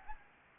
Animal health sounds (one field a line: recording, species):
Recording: mosquito wingbeat signal from an infrared sensor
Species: Anopheles gambiae